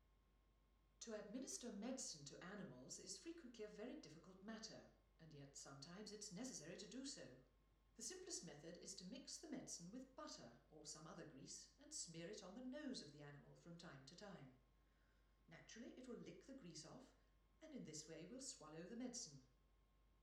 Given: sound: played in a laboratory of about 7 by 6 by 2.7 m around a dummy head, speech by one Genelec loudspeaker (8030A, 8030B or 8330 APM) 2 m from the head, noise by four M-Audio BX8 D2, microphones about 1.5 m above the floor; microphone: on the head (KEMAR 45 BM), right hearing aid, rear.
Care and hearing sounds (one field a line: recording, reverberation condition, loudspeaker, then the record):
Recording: female speech in English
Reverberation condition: medium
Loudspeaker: behind (180 degrees)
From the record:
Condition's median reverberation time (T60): about 510 ms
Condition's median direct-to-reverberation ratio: about -0.5 dB